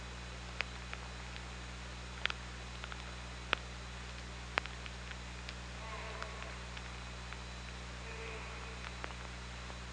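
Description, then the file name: Killer whale calls, a few short harmonic, slightly wavering tones in the second half, with sharp clicks and a steady low hum throughout. OrcaLab underwater hydrophone, 24 August 2017, about 23:59. "Orca Lab UTLN JASON 20170824 235922"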